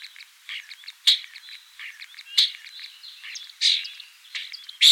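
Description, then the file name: Common starling song: a busy run of short chirps, clicks and brief whistles, with several sharper, louder notes scattered through. "Skvorec obyknovennyj Sturnus vulgaris"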